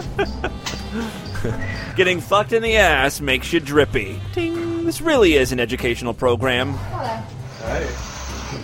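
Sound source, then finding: Adult male speaker. Normal adult speech.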